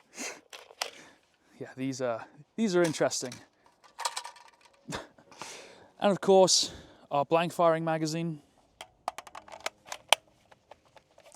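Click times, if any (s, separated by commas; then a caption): 10.1 s. Someone talks, then a blank-firing magazine, an HK design meant to keep live rounds out, is pushed into the magazine well of an SA80 rifle, with a few small handling clicks from about 8.8 s. It latches with a sharp, positive click at 10.1 s and is seated.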